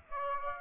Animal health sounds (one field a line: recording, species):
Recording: mosquito wingbeat signal from an infrared sensor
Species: Aedes aegypti